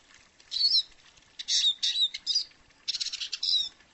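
Bird chirping in short high bursts, several squeaky twittering phrases spaced about half a second apart, with quiet gaps between them.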